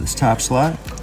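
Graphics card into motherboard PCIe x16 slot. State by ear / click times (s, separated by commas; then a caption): not seated / none. A graphics card is handled and brought toward the top PCIe x16 slot on a motherboard while someone talks over a faint background hum. Nothing has seated or clicked yet, and the card is not yet in the slot when the clip ends.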